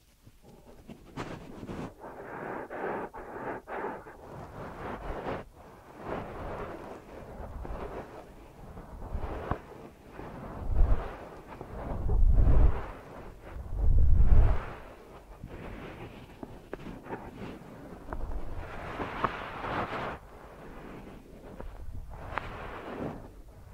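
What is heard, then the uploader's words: Deep ear massage sounds, rubbing and brushing textures that swell and fade in uneven strokes throughout. Heavy, muffled thumps rumble in around eleven to fifteen seconds, the loudest part, before the rubbing settles back into softer, brighter swishes. ASMR Deep Ear Massage for Sleep(No Talking).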